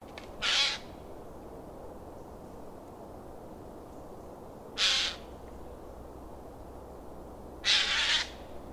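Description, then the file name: Eurasian jay giving harsh, rasping screeches, three short noisy bursts spaced about three to four and a half seconds apart over a quiet background hiss. "Garrulus glandarius"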